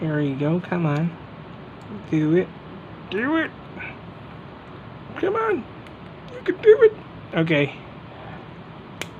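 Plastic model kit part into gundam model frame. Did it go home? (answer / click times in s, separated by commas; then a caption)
yes / 9.0 s. A plastic model kit part is pushed into its socket on a Wu Ji Mo Xing ATH-001 MG 1/100 Sword Strike Gundam frame after a struggle to connect it. Someone talks encouragingly throughout, and a single sharp snap at 9.0 s marks the part seating into place successfully.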